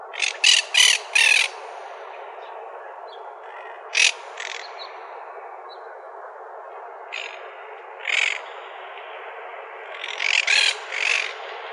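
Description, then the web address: Monk parakeet squawks: a quick series of four harsh screeches at the start, then spaced single raspy calls and a closing cluster. "Parrots MONK PARAKEET deviche"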